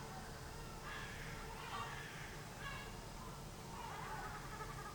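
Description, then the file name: Gulls giving a few soft, rough squawks against a steady rumbling background. Gulls recorded at dawn on 20 July 2020. "2020 07 20 seagulls at dawn"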